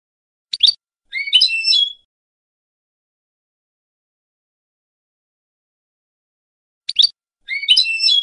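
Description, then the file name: European goldfinch song: a quick sharp note and a liquid twittering phrase, repeated once after a long pause. "audio burung goldfinch"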